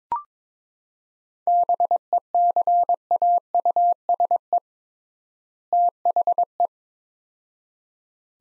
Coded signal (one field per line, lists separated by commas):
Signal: Morse code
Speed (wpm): 22 wpm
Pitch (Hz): 700 Hz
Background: none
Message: BECAUSE THE